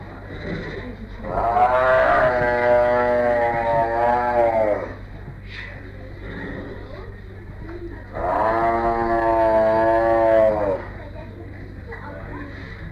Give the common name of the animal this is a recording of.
Tiger